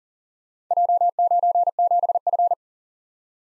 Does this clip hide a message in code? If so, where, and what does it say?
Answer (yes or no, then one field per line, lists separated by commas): yes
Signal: Morse code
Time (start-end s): 0.7-2.5 s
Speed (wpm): 40 wpm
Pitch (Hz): 700 Hz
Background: none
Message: J97F